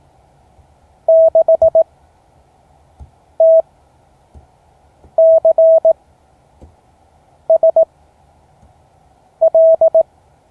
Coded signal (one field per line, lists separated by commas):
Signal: Morse code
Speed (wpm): 18 wpm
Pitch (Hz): 650 Hz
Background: none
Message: 6TCSL